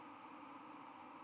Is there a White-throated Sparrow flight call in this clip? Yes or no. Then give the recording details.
no. No flight call is heard. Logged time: 21:59 on 12 November 2014